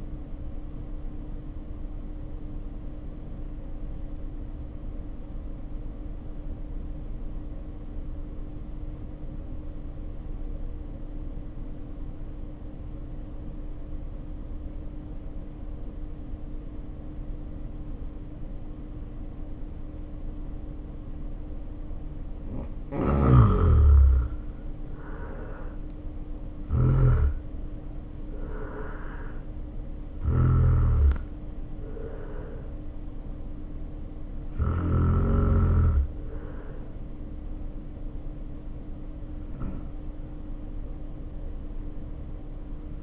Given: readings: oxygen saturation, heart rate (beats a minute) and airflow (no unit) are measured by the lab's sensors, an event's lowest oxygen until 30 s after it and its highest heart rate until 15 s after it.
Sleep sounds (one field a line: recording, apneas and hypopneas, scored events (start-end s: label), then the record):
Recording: breathing in sleep by a smartphone at the bedside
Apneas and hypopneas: 1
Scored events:
5.00-24.60 s: hypopnea (N1, oxygen 94% highest, then 76% lowest, heart rate 51 at the start, 67 highest)
24.00-43.03 s: new sleep stage, N2 (light sleep)
From the record:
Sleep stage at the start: N1 (lightest sleep)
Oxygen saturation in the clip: 78 to 94%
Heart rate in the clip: 50 to 67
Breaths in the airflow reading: 12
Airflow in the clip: -1.5 to 2.3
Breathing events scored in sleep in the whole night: 520 in 7.2 hours asleep